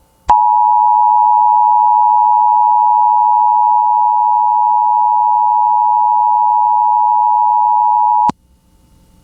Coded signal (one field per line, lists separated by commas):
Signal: Emergency Alert System (SAME) tones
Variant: 853 and 960 Hz attention tone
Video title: (EAS #25) Oklahoma SEVERE THUNDERSTORM WARNING on KALT-FM